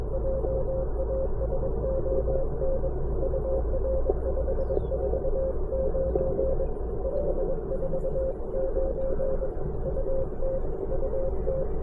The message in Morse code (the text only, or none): JASON UR 549 549 UT UT